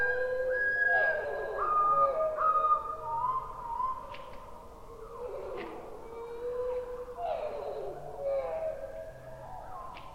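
Slowed-down bird song left at the lowered pitch, so the calls come out as deep, drawn-out roars and moans like a dinosaur. Long gliding tones overlap and bend up and down throughout, with a few short clicks and a low rumbling bed underneath.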